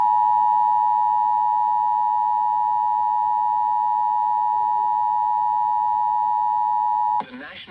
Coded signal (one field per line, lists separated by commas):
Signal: Emergency Alert System (SAME) tones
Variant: 853 and 960 Hz attention tone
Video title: EAS Severe Thunderstorm Warning on KFWY/CWC - BURK Relay (9/4/2025)